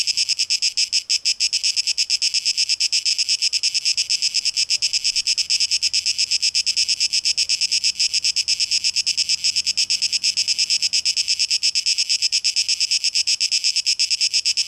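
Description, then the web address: Cicada song, a dense high buzz throbbing in quick regular pulses, with a faint low hum in the middle. Recorded 12 August 2023. "rauschpartikel 2023-08-12 Zikaden"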